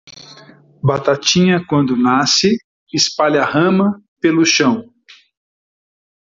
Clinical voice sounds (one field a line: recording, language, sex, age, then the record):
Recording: short text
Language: Brazilian Portuguese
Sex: male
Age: 50 to 59 years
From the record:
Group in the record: control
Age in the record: 56 years